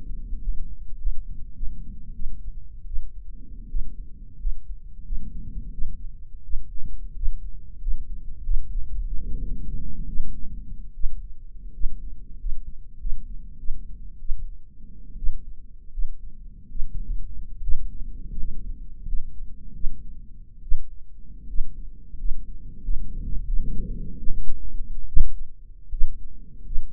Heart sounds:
heart sounds by microphone in the right ear; 82 bpm
0.42 s: heartbeat
1.00 s: heartbeat
1.56 s: heartbeat
2.15 s: heartbeat
2.87 s: heartbeat
3.70 s: heartbeat
4.40 s: heartbeat
5.06 s: heartbeat
5.73 s: heartbeat
6.44 s: heartbeat
7.16 s: heartbeat
7.82 s: heartbeat
8.44 s: heartbeat
9.08 s: heartbeat
10.09 s: heartbeat
10.95 s: heartbeat
11.74 s: heartbeat
12.39 s: heartbeat
13.00 s: heartbeat
13.59 s: heartbeat
14.20 s: heartbeat
15.18 s: heartbeat
15.93 s: heartbeat
16.71 s: heartbeat
17.63 s: heartbeat
18.39 s: heartbeat
19.08 s: heartbeat
19.75 s: heartbeat
20.63 s: heartbeat
21.49 s: heartbeat
22.19 s: heartbeat
22.84 s: heartbeat
23.47 s: heartbeat
24.18 s: heartbeat
25.08 s: heartbeat
25.92 s: heartbeat
26.66 s: heartbeat
From the record:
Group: healthy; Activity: rest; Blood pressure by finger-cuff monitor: 161/99 mmHg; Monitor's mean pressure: 119 mmHg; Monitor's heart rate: 84 bpm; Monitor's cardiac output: 8 L/min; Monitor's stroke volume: 97 mL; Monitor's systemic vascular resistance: 1100 dyn s/cm5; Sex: male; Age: 23 years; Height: 179 cm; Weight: 87 kg

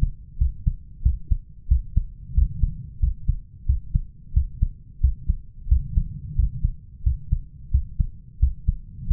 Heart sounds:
heart sounds by stethoscope; 90 bpm
0.40 s: heartbeat
1.05 s: heartbeat
1.70 s: heartbeat
2.36 s: heartbeat
3.02 s: heartbeat
3.68 s: heartbeat
4.35 s: heartbeat
5.03 s: heartbeat
5.70 s: heartbeat
6.38 s: heartbeat
7.05 s: heartbeat
7.73 s: heartbeat
8.41 s: heartbeat
9.09 s: heartbeat
From the record:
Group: healthy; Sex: male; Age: 21 years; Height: 175 cm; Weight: 72.6 kg

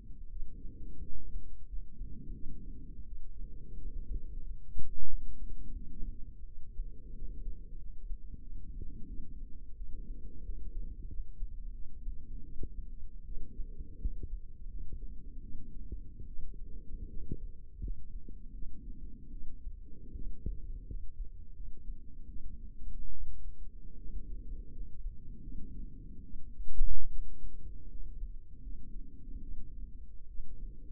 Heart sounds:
heart sounds by microphone in the left ear; 82 bpm
0.31 s: heartbeat
1.03 s: heartbeat
1.68 s: heartbeat
2.34 s: heartbeat
3.06 s: heartbeat
3.79 s: heartbeat
4.45 s: heartbeat
5.09 s: heartbeat
5.76 s: heartbeat
6.47 s: heartbeat
7.15 s: heartbeat
7.80 s: heartbeat
8.43 s: heartbeat
9.08 s: heartbeat
9.77 s: heartbeat
10.45 s: heartbeat
11.10 s: heartbeat
11.74 s: heartbeat
12.44 s: heartbeat
13.25 s: heartbeat
14.00 s: heartbeat
14.69 s: heartbeat
15.43 s: heartbeat
16.27 s: heartbeat
17.10 s: heartbeat
17.82 s: heartbeat
18.53 s: heartbeat
19.32 s: heartbeat
20.15 s: heartbeat
20.87 s: heartbeat
21.55 s: heartbeat
22.29 s: heartbeat
23.11 s: heartbeat
23.98 s: heartbeat
24.73 s: heartbeat
25.42 s: heartbeat
26.24 s: heartbeat
27.10 s: heartbeat
27.89 s: heartbeat
28.62 s: heartbeat
29.42 s: heartbeat
30.28 s: heartbeat
From the record:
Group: healthy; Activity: rest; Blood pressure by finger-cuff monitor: 137/68 mmHg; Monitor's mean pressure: 87 mmHg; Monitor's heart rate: 83 bpm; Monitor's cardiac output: 7.6 L/min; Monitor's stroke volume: 93 mL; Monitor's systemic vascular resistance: 850 dyn s/cm5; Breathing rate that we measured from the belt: 18 breaths a minute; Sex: female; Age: 22 years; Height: 160 cm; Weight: 63 kg

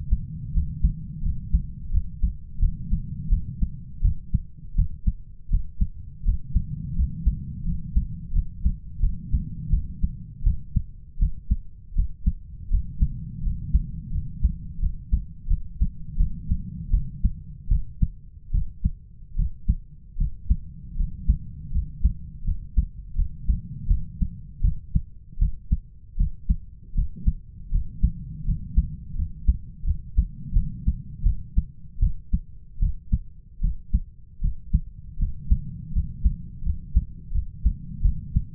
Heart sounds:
heart sounds by stethoscope; 82 bpm
0.53 s: heartbeat
1.22 s: heartbeat
1.91 s: heartbeat
2.59 s: heartbeat
3.29 s: heartbeat
4.01 s: heartbeat
4.75 s: heartbeat
5.50 s: heartbeat
6.24 s: heartbeat
6.95 s: heartbeat
7.64 s: heartbeat
8.32 s: heartbeat
9.00 s: heartbeat
9.70 s: heartbeat
10.43 s: heartbeat
11.18 s: heartbeat
11.94 s: heartbeat
12.69 s: heartbeat
13.42 s: heartbeat
14.11 s: heartbeat
14.79 s: heartbeat
15.47 s: heartbeat
16.17 s: heartbeat
16.90 s: heartbeat
17.68 s: heartbeat
18.51 s: heartbeat
19.35 s: heartbeat
20.17 s: heartbeat
20.96 s: heartbeat
21.71 s: heartbeat
22.44 s: heartbeat
23.15 s: heartbeat
23.87 s: heartbeat
24.61 s: heartbeat
25.38 s: heartbeat
26.16 s: heartbeat
26.94 s: heartbeat
27.70 s: heartbeat
28.45 s: heartbeat
29.15 s: heartbeat
29.84 s: heartbeat
30.53 s: heartbeat
31.23 s: heartbeat
31.99 s: heartbeat
32.79 s: heartbeat
33.60 s: heartbeat
34.40 s: heartbeat
35.18 s: heartbeat
35.92 s: heartbeat
36.63 s: heartbeat
37.32 s: heartbeat
38.02 s: heartbeat
From the record:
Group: healthy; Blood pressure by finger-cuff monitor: 109/67 mmHg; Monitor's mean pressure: 81 mmHg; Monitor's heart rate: 81 bpm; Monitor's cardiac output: 7.4 L/min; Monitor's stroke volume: 95 mL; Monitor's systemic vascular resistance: 800 dyn s/cm5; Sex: male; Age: 33 years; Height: 179 cm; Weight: 80.4 kg

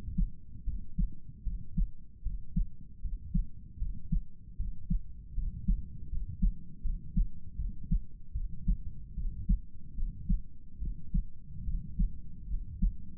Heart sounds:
heart sounds by stethoscope; 76 bpm
0.64 s: heartbeat
1.43 s: heartbeat
2.23 s: heartbeat
3.01 s: heartbeat
3.78 s: heartbeat
4.57 s: heartbeat
5.34 s: heartbeat
6.09 s: heartbeat
6.82 s: heartbeat
7.56 s: heartbeat
8.33 s: heartbeat
9.15 s: heartbeat
9.95 s: heartbeat
10.79 s: heartbeat
11.65 s: heartbeat
12.48 s: heartbeat
From the record:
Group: healthy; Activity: rest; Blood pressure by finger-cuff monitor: 96/61 mmHg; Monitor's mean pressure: 72 mmHg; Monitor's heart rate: 76 bpm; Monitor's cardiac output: 7.3 L/min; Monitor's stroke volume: 96 mL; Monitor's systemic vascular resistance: 690 dyn s/cm5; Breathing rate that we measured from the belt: 19 breaths a minute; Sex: male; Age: 35 years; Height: 180 cm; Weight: 86.9 kg

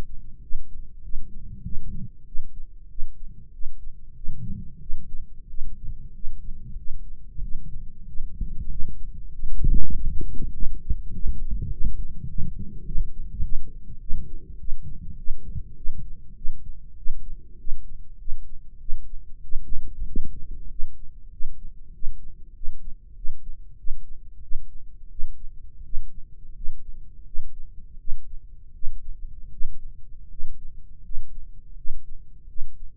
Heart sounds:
heart sounds by microphone in the right ear; 94 bpm
0.40 s: heartbeat
1.01 s: heartbeat
1.62 s: heartbeat
2.25 s: heartbeat
2.88 s: heartbeat
3.51 s: heartbeat
4.14 s: heartbeat
4.79 s: heartbeat
5.47 s: heartbeat
6.13 s: heartbeat
6.76 s: heartbeat
7.40 s: heartbeat
8.06 s: heartbeat
8.69 s: heartbeat
9.31 s: heartbeat
9.92 s: heartbeat
10.52 s: heartbeat
11.11 s: heartbeat
11.70 s: heartbeat
12.27 s: heartbeat
12.84 s: heartbeat
13.41 s: heartbeat
13.99 s: heartbeat
14.57 s: heartbeat
15.16 s: heartbeat
15.75 s: heartbeat
16.34 s: heartbeat
16.95 s: heartbeat
17.57 s: heartbeat
18.17 s: heartbeat
18.78 s: heartbeat
19.41 s: heartbeat
20.05 s: heartbeat
20.68 s: heartbeat
21.30 s: heartbeat
21.91 s: heartbeat
22.53 s: heartbeat
23.14 s: heartbeat
23.76 s: heartbeat
24.40 s: heartbeat
25.08 s: heartbeat
25.82 s: heartbeat
26.53 s: heartbeat
27.24 s: heartbeat
27.97 s: heartbeat
28.72 s: heartbeat
29.49 s: heartbeat
30.28 s: heartbeat
31.01 s: heartbeat
31.74 s: heartbeat
32.46 s: heartbeat
From the record:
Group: healthy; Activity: cold pressor test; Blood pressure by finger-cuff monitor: 147/87 mmHg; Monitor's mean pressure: 106 mmHg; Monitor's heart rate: 97 bpm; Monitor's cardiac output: 7.5 L/min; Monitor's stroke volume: 76 mL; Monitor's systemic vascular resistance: 1050 dyn s/cm5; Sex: male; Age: 21 years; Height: 180 cm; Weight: 67.5 kg

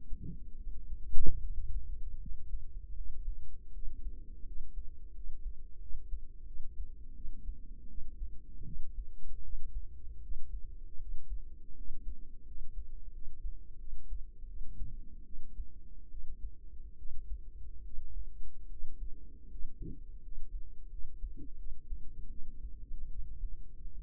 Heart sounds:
heart sounds by microphone in the right ear; 80 bpm
0.58 s: heartbeat
1.42 s: heartbeat
2.21 s: heartbeat
2.96 s: heartbeat
3.73 s: heartbeat
4.46 s: heartbeat
5.15 s: heartbeat
5.81 s: heartbeat
6.46 s: heartbeat
7.15 s: heartbeat
7.89 s: heartbeat
8.66 s: heartbeat
9.43 s: heartbeat
10.22 s: heartbeat
10.99 s: heartbeat
11.76 s: heartbeat
12.46 s: heartbeat
13.13 s: heartbeat
13.79 s: heartbeat
14.47 s: heartbeat
15.25 s: heartbeat
16.10 s: heartbeat
16.97 s: heartbeat
17.84 s: heartbeat
18.69 s: heartbeat
19.49 s: heartbeat
20.22 s: heartbeat
20.90 s: heartbeat
21.57 s: heartbeat
22.29 s: heartbeat
23.09 s: heartbeat
23.93 s: heartbeat
From the record:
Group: healthy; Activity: rest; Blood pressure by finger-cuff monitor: 128/45 mmHg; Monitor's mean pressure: 74 mmHg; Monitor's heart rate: 78 bpm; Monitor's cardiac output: 11.3 L/min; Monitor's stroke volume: 138 mL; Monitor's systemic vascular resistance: 470 dyn s/cm5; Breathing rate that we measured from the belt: 8 breaths a minute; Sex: female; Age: 32 years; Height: 168 cm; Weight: 61.9 kg

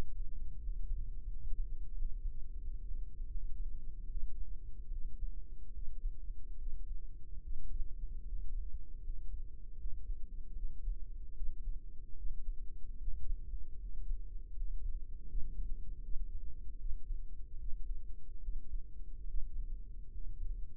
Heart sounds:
heart sounds by microphone in the right ear; 77 bpm
0.58 s: heartbeat
1.26 s: heartbeat
1.92 s: heartbeat
2.58 s: heartbeat
3.26 s: heartbeat
4.06 s: heartbeat
4.88 s: heartbeat
5.71 s: heartbeat
6.56 s: heartbeat
7.40 s: heartbeat
8.23 s: heartbeat
9.00 s: heartbeat
9.75 s: heartbeat
10.52 s: heartbeat
11.32 s: heartbeat
12.13 s: heartbeat
12.95 s: heartbeat
13.76 s: heartbeat
14.52 s: heartbeat
15.25 s: heartbeat
15.99 s: heartbeat
16.75 s: heartbeat
17.56 s: heartbeat
18.39 s: heartbeat
19.24 s: heartbeat
20.08 s: heartbeat
From the record:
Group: healthy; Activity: rest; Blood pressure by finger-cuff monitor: 101/57 mmHg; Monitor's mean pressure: 70 mmHg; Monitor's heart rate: 75 bpm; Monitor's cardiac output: 6.6 L/min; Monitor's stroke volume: 87 mL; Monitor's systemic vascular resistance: 760 dyn s/cm5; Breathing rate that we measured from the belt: 10 breaths a minute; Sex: female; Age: 26 years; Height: 165 cm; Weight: 55 kg

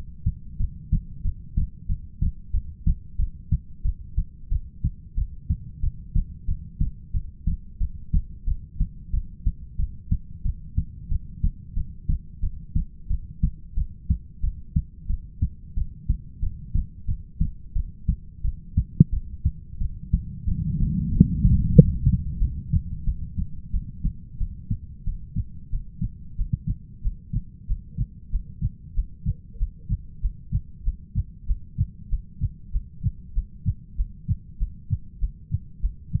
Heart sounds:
heart sounds by stethoscope; 92 bpm
0.59 s: heartbeat
1.24 s: heartbeat
1.89 s: heartbeat
2.53 s: heartbeat
3.18 s: heartbeat
3.84 s: heartbeat
4.51 s: heartbeat
5.17 s: heartbeat
5.82 s: heartbeat
6.48 s: heartbeat
7.14 s: heartbeat
7.80 s: heartbeat
8.47 s: heartbeat
9.13 s: heartbeat
9.78 s: heartbeat
10.44 s: heartbeat
11.10 s: heartbeat
11.76 s: heartbeat
12.42 s: heartbeat
13.09 s: heartbeat
13.76 s: heartbeat
14.43 s: heartbeat
15.09 s: heartbeat
15.76 s: heartbeat
16.42 s: heartbeat
17.07 s: heartbeat
17.75 s: heartbeat
18.43 s: heartbeat
19.12 s: heartbeat
19.80 s: heartbeat
20.47 s: heartbeat
21.11 s: heartbeat
21.73 s: heartbeat
22.40 s: heartbeat
23.06 s: heartbeat
23.72 s: heartbeat
24.39 s: heartbeat
25.05 s: heartbeat
25.71 s: heartbeat
26.37 s: heartbeat
27.02 s: heartbeat
27.67 s: heartbeat
28.30 s: heartbeat
28.94 s: heartbeat
29.58 s: heartbeat
30.21 s: heartbeat
30.83 s: heartbeat
31.46 s: heartbeat
32.09 s: heartbeat
32.71 s: heartbeat
33.33 s: heartbeat
33.95 s: heartbeat
34.57 s: heartbeat
35.19 s: heartbeat
35.80 s: heartbeat
From the record:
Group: heart failure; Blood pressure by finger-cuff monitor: 113/74 mmHg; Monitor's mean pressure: 88 mmHg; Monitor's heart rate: 91 bpm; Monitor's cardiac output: 7.6 L/min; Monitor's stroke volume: 84 mL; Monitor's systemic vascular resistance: 850 dyn s/cm5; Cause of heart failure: ischemic heart disease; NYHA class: 1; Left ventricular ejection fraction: 38%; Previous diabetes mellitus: present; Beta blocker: bisoprolol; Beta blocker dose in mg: 15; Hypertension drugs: sacubitril-valsartan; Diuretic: furosemide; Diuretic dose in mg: 20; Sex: male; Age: 33 years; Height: 172 cm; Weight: 78.5 kg

